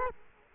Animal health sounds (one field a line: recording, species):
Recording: mosquito wingbeat signal from an infrared sensor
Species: Culex quinquefasciatus